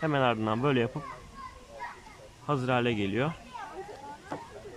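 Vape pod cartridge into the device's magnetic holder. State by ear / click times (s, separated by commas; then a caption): seated / 4.3 s. Someone talks while the plastic pod cartridge of a Voopoo Drag X PnP X e-cigarette kit is pushed into its magnetic holder in the device body. A short, sharp click at 4.3 s marks the pod snapping home and seating, held by a strong magnet.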